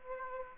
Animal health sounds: mosquito wingbeat signal from an infrared sensor; Aedes aegypti

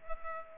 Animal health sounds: mosquito wingbeat signal from an infrared sensor; Culex pipiens

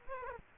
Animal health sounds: mosquito wingbeat signal from an infrared sensor; Culex quinquefasciatus

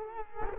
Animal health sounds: mosquito wingbeat signal from an infrared sensor; Culex quinquefasciatus

